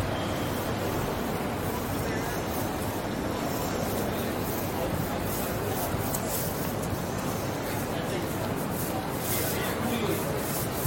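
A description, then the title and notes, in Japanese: A walk along a city street with a tram, the voices of people walking by, and pedestrian signals. A dense, steady wash of street noise and low rumble holds throughout, with chatter mixed in and a faint high tone near the start. George Street を Circular Quay から Townhall まで歩く。ビジネスマンが忙しく行き交うビジネス街を歩きながらいろんな音を楽しみます。ステレオ音声。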